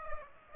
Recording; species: mosquito wingbeat signal from an infrared sensor; Aedes aegypti